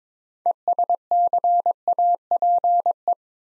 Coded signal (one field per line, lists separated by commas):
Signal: Morse code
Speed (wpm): 22 wpm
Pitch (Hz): 700 Hz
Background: none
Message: ESCAPE